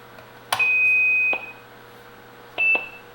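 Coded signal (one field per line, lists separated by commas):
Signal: Quindar tones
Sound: two high pure beeps near 2.5 kHz, first long, second short, with switch clicks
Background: low mains hum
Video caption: [beep] 13 at your convenience give a stir to your oxygen tanks [low beep]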